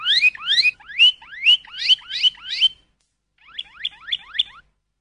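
Canary singing a series of rising slurred whistles, a short pause, then a few softer similar notes.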